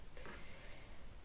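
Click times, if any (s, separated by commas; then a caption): none. A wooden piece of a 3D dinosaur puzzle is pushed against another wooden puzzle piece but does not fit together. A single faint knock sounds at about 0.2 s and fades slowly over a quiet background. Nothing has seated or clicked yet.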